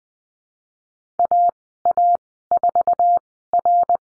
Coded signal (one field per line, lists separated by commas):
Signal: Morse code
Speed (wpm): 20 wpm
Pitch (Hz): 700 Hz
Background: none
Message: AA4R